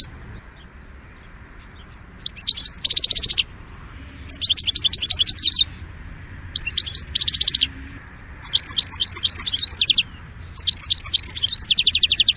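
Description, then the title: European goldfinch singing repeated bursts of metallic buzzy trills and quick tinkling notes, several phrases with short silences between them. "Chant Chardonneret"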